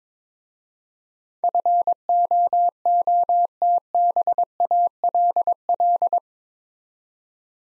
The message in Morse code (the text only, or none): FOOTBALL